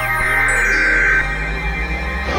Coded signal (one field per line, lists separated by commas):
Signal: Emergency Alert System (SAME) tones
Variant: header bursts